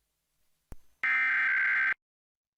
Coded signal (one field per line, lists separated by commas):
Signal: Emergency Alert System (SAME) tones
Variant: header bursts